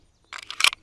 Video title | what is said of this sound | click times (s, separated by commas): S&W M&P 22 vs Walther PPQ 22 (tabletop discussion) | it seats and locks, | 0.6 s